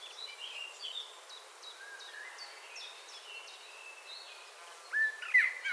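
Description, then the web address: Common blackbird: a series of short, sharp, high ticks with softer warbled notes below, then a louder fluty phrase at the end. "SETE data Turdus merula 181122"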